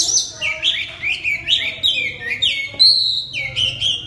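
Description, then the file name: Oriental magpie-robin song: loud, rich whistled phrases sliding between high and middle pitches, delivered almost continuously in quick succession with barely a pause. Kacer, the Indonesian name, singing loudly in the style called ngeplong. "suara kacer ngeplong keras"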